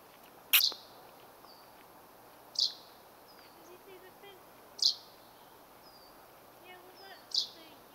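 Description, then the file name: Common chaffinch calling with a sharp, high note repeated four times, about every two seconds, with faint softer bird sounds between. Female. "Fringilla coelebs female"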